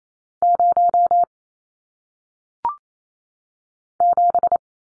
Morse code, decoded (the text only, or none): 0 7